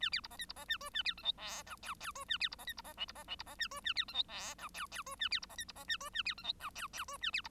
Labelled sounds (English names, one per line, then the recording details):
Bengalese Finch song
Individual Bird1